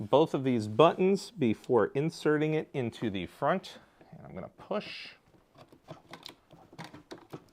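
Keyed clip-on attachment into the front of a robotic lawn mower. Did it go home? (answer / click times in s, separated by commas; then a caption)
no / none. A keyed clip-on attachment is handled at the front of a Mammotion Luba 2 AI robotic lawn mower while someone talks, followed by quieter handling noises and a few small, sharp ticks. Both release buttons are pinched before the part is pushed into the front. Nothing has seated or clicked into place yet.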